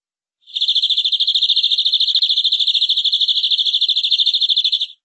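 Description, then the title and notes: Canary delivering one long, unbroken high trill of rapid even pulses lasting over four seconds, with no other sounds. "BM Suara Burung Kenari"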